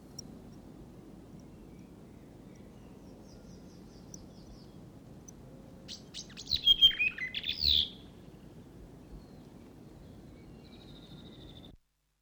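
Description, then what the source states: Whitehead call: a brief burst of high twittering and sharp slurred whistles near the middle, surrounded by quiet background hiss and a faint thin whistle later. Male whitehead; territorial call.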